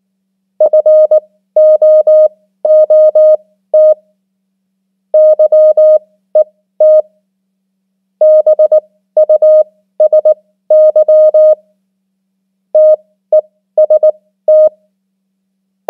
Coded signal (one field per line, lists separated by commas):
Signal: Morse code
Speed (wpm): 19 wpm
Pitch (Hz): 620 Hz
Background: none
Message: FOOT YET BUSY TEST